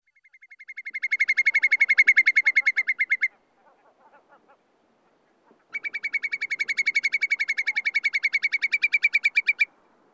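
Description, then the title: Whimbrel giving two long, rapid trills of evenly spaced whistled notes, the first swelling in, each ending abruptly, separated by a few soft, low notes. Breeding on bogs in Finland. "Viikon luontoääni: Pikkukuovi"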